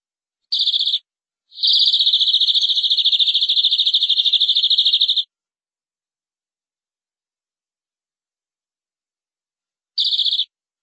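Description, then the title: Canary trilling: a brief high burst, then a long fast rolling trill lasting several seconds, followed by silence and one more short trill. "BM Suara Kenari"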